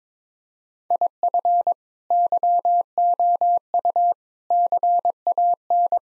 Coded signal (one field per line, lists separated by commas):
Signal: Morse code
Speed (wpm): 22 wpm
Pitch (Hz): 700 Hz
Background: none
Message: IF YOU CAN